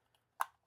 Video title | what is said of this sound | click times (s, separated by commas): Best Bee Brothers Carpenter Bee Traps and Brian's Bee Butter | just like that, it's locked into place. | 0.4 s